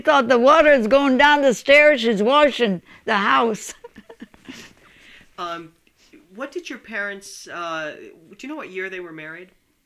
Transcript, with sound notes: She thought the water's going down the stairs, she's washing the house. (she laughs)
What did your parents, do you know what year they were married?